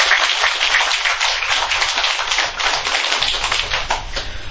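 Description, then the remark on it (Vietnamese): A crowd applauds Phạm Hoài Nam, author of an article read out during a teacher's lecture. Many hands clap in a dense, continuous patter that holds at an even, fairly loud level throughout with no voices. “Thì như vậy chúng ta cho ông Phạm Hoài Nam một bài tràng pháo tay.”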